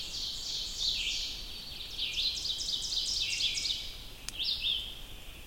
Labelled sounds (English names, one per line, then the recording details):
Ovenbird song
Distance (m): 50 m
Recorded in boreal forest in Alberta, Canada, on 2 June 2016 at 06:33
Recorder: SongMeter 3, array SBT-3-7
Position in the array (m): 49 m, 148 m
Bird 4